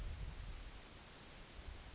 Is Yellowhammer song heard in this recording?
yes